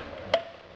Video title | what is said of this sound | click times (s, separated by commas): 2006 Saab 9-3 Aftermarket GPS Install | snaps into place and then my climate control unit and | 0.3 s